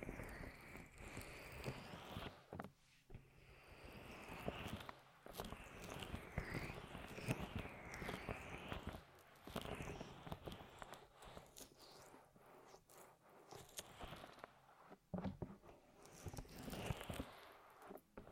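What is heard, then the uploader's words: Deep ear massage with dense, irregular rubbing, scraping and crackling strokes, shifting constantly, brief pauses near three and fifteen seconds. ASMR Sleep With Deep Ear Massage (No Talking).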